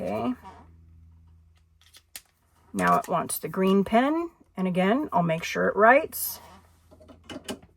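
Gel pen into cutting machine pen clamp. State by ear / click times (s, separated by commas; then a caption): not seated / none. Someone talks while handling a green Cricut Universal gel pen, testing that it writes before fitting it into the cutting machine's pen clamp. A few short handling taps and knocks are heard near the end, around 7.2 to 7.6 seconds. The pen has not yet seated or clicked into the clamp.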